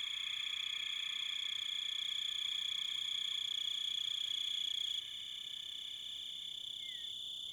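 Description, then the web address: Cricket chirping, a steady high pulsing trill that runs without pause, the texture shifting slightly partway through. "Dan Gibson Echoes of Nature. American Wilds. Crickets Wolves"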